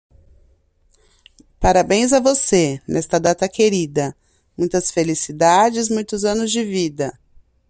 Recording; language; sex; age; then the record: short text; Brazilian Portuguese; female; 40 to 49 years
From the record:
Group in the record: control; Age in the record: 43 years